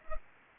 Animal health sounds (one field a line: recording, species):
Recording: mosquito wingbeat signal from an infrared sensor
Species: Culex pipiens